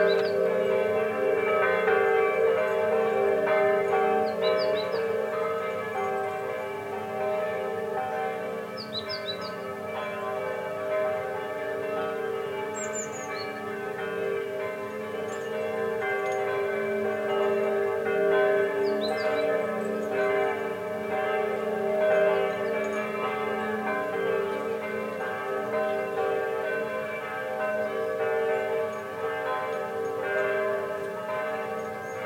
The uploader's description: Church bells in Zermatt